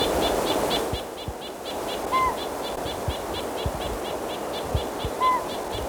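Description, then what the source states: Nuthatch calls: a rapid, steady series of short high notes repeating several times a second, with two separate low whistled toots from another bird. Calling excitedly near a calling pygmy owl in the Ochoco Mountains at 4,000 feet, Crook County, Oregon, 25 June 1997.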